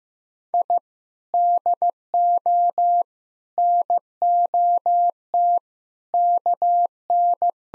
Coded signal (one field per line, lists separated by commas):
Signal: Morse code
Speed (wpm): 15 wpm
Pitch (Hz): 700 Hz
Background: none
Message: I DO NOT KN